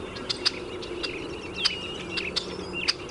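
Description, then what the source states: Red-winged Blackbird giving several short, sharp check notes, spaced irregularly, above a steady low hiss and faint thin chirps. Check call given by both males and females, often on the breeding territory and in flocks; thought to be a contact call advertising presence to flock members or territory neighbours.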